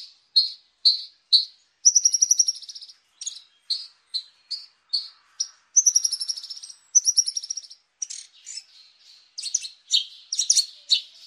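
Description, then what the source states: Horsfield's bushlark song: sharp separate chips, then rapid buzzy rattling trills, more chips, and a dense jumble of varied high twittering notes at the end. Described as a village bird (manuk ndeso).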